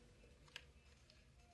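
A plastic figure part is pushed into its tab or joint on a second try and clicks into position at 0.6 s and 1.1 s. The first click is sharp and bright, and the second is quieter, over a low background hum.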